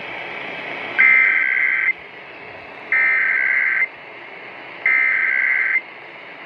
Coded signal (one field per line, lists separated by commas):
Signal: Emergency Alert System (SAME) tones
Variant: header bursts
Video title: AM 780 WBBM conducting the National Emergency Alert System Test - October 4, 2023 1:20PM Central